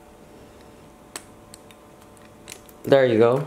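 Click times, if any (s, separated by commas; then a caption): 1.2 s. On the second pull of the rewind knob of a Canon AE-1 Program film camera, the back door latch releases with a sharp click at 1.2 s and the door pops open. A few softer clicks follow before someone briefly talks at the end.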